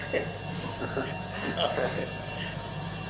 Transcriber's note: laughter